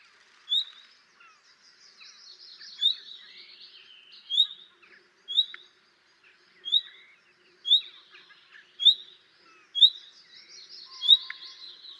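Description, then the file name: Common nightingale repeats a rising whistle nine times at uneven intervals, with softer chattering sounds between. "Luscinia megarhynchos"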